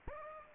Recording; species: mosquito wingbeat signal from an infrared sensor; Aedes aegypti